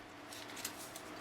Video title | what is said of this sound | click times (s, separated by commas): Video Review of the Transformers Prime (RiD) Deluxe Class: Rumble | as you're doing it so that'll lock into place so again bend the knee | 0.6 s